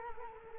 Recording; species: mosquito wingbeat signal from an infrared sensor; Culex quinquefasciatus